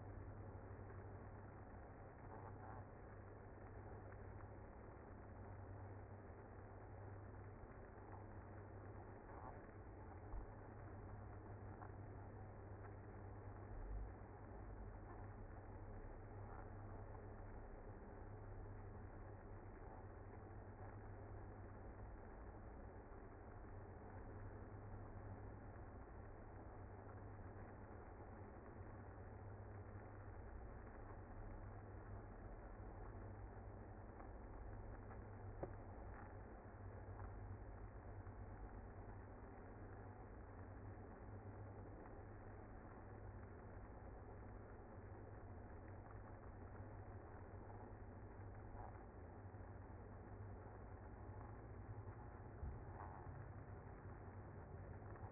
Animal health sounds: honeybee colony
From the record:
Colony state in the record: active

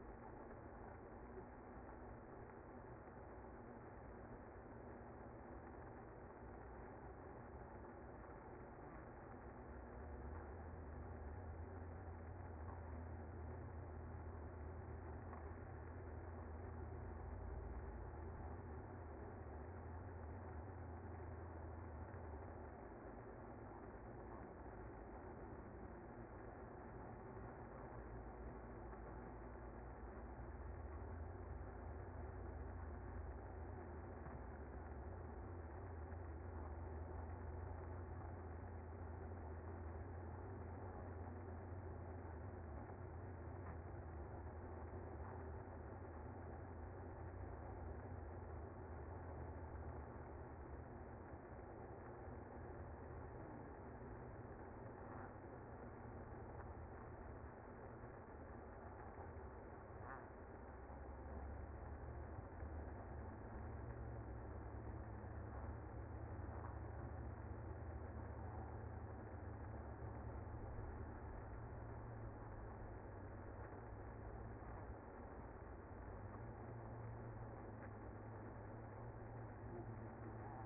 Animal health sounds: honeybee colony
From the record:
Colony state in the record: active

